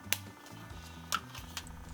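A small plastic holder for water and a brush is pressed into its slot in a watercolor palette case, and it fits perfectly. A sharp click at 0.1 s marks it seating, followed by fainter ticks near 1.2 s and 1.6 s over a low steady hum.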